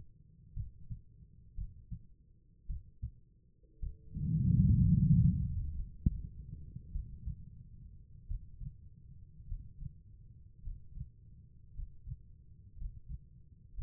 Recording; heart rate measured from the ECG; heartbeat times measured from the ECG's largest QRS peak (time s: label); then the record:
heart sounds by stethoscope; 55 bpm
0.54 s: heartbeat
1.55 s: heartbeat
2.67 s: heartbeat
3.80 s: heartbeat
4.86 s: heartbeat
5.75 s: heartbeat
6.92 s: heartbeat
8.27 s: heartbeat
9.47 s: heartbeat
10.62 s: heartbeat
11.74 s: heartbeat
12.76 s: heartbeat
13.73 s: heartbeat
From the record:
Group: healthy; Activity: rest 0-6 s, Valsalva maneuver 6-14 s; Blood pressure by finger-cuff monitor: 98/65 mmHg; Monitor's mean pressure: 72 mmHg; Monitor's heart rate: 54 bpm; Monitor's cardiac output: 4.8 L/min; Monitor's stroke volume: 82 mL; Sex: female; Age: 36 years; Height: 163 cm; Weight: 88 kg